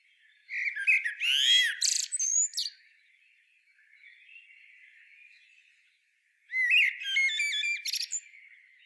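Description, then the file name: Common blackbird song: a warbling phrase with sweeping squeaky notes, a long pause, then a second phrase of rapid repeated high notes. "Turdus merula"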